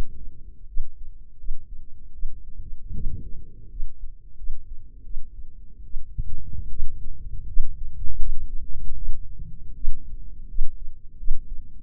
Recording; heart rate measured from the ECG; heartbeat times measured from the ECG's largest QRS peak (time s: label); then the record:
heart sounds by microphone in the left ear; 80 bpm
0.66 s: heartbeat
1.37 s: heartbeat
2.12 s: heartbeat
2.93 s: heartbeat
3.69 s: heartbeat
4.36 s: heartbeat
5.03 s: heartbeat
5.83 s: heartbeat
6.68 s: heartbeat
7.46 s: heartbeat
8.17 s: heartbeat
8.94 s: heartbeat
9.73 s: heartbeat
10.47 s: heartbeat
11.16 s: heartbeat
From the record:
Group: healthy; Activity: rest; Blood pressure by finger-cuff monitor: 115/73 mmHg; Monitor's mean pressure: 84 mmHg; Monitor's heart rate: 78 bpm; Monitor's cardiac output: 6.2 L/min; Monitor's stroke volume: 79 mL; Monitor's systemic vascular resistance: 980 dyn s/cm5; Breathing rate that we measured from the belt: 18 breaths a minute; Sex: female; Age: 23 years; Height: 160 cm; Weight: 50.4 kg